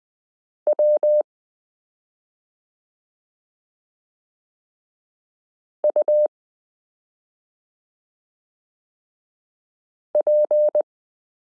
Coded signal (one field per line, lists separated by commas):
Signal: Morse code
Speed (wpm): 20 wpm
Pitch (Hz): 600 Hz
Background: none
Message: W U P